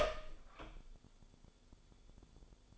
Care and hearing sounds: daily activity, microphone in the room; open door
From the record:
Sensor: 5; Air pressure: 1015.3 hPa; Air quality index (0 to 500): 209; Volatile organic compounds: 11 ppm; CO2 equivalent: 2272 ppm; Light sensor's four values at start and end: 35/79/32/30 and 34/78/31/30

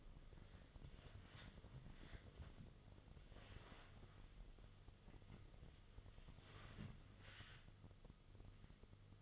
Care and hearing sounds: daily activity, microphone in the room; wipe stove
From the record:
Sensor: 4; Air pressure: 1005.7 hPa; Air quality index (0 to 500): 111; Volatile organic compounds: 3 ppm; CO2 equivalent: 1388 ppm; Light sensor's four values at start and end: 11/26/10/10 and 12/26/10/10

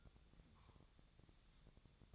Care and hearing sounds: daily activity, microphone in the room; take from stove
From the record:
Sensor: 3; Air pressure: 999.3 hPa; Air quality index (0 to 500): 195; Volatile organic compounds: 42 ppm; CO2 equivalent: 3179 ppm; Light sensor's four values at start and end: 7/18/7/7 and 7/18/7/7

